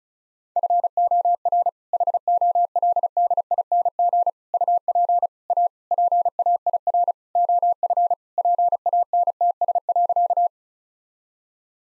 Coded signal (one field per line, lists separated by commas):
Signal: Morse code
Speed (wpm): 34 wpm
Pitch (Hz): 700 Hz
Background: none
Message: FOR HOLDING UP A PAIR OF PANTS.